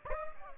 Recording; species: mosquito wingbeat signal from an infrared sensor; Aedes aegypti